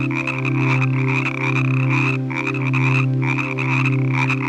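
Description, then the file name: Frog croaks, deep and throbbing, swelling slowly over a rasping chorus of other frogs. "Nature Collection - Croak Frog Calls"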